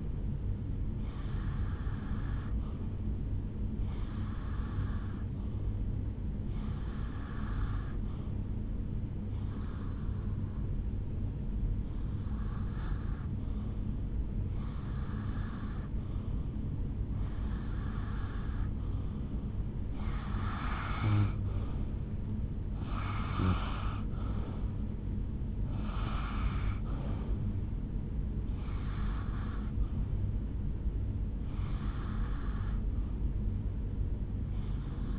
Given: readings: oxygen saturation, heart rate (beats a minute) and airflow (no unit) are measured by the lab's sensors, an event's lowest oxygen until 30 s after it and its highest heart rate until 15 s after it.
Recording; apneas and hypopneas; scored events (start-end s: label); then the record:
breathing in sleep by a smartphone at the bedside; none
none scored
From the record:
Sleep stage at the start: N2 (light sleep); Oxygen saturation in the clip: 88 to 90%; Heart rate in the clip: 70 to 79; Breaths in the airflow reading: 12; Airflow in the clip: -9.0 to 4.5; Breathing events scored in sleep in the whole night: 449 in 7.0 hours asleep